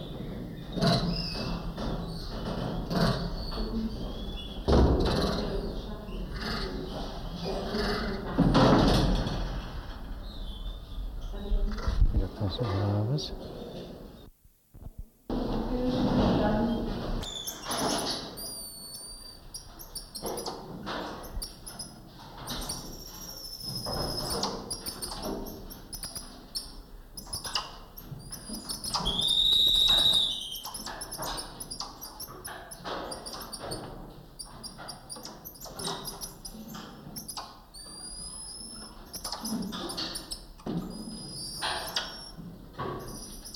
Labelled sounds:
Goeldi's Marmoset call
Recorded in captivity
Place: Primatenstation Kassel, Hessen, DE
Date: 1995-09-24 14:01
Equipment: Sony WM-D6C, Sennheiser ME 80, Kopie Uher 4000 Report Monitor
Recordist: Tembrock, Günter

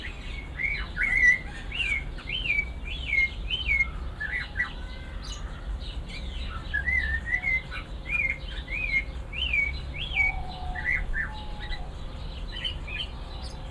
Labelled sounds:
Snowy-crowned Robin-Chat
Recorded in captivity
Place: Zoo Berlin, Berlin, DE
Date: 1992-08-01 10:59
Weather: sonnig, 22-26°C
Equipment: Marantz CP 430, Sennheiser ME 80, Kopie Tesla B 116
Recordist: Tembrock, Günter

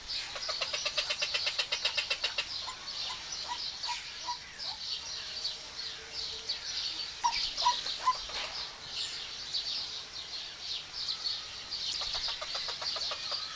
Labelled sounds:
Eurasian Teal call
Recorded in captivity
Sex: male
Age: adult
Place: Zoo Berlin, Berlin, DE
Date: 1991-06-03 10:24
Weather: cloudy, 12-15 °C
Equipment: Marantz, Sennheiser ME 80, Kopie Tesla B 116
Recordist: Tembrock, Günter

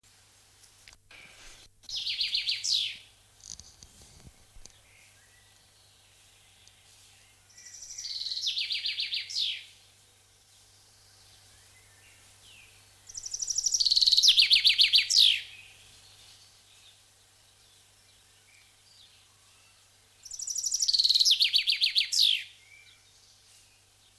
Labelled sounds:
Common Chaffinch song
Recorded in the wild
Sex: male
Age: adult
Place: Schönholzer Heide, Berlin, DE
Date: 1999-05-16 13:20
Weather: fair, 13 - 14°C
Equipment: Sony MD-WM MZ-R3, Sennheiser MKH 416 T, Kopie Uher 4000 Report Monitor
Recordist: Tembrock, Günter
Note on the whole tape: Gesang: zwei Strophenformen

